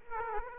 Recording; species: mosquito wingbeat signal from an infrared sensor; Aedes aegypti